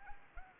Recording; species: mosquito wingbeat signal from an infrared sensor; Anopheles arabiensis